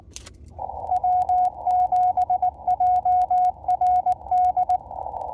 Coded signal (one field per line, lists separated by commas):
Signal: Morse code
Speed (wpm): 19 wpm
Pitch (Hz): 730 Hz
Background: radio noise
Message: W7JRD